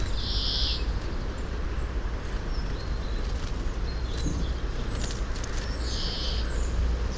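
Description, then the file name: European greenfinch wheezy calls: a drawn-out nasal buzz near the start and another about six seconds in, over a constant deep rumble. "Chloris chloris"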